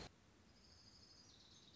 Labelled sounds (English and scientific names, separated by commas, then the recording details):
Orange-crowned Warbler (Leiothlypis celata)
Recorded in Sonoma County, California